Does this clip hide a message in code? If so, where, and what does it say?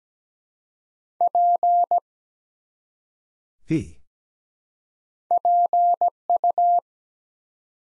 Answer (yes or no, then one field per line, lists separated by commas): yes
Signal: Morse code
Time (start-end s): 1.2-6.8 s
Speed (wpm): 17 wpm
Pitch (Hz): 700 Hz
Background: none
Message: P PU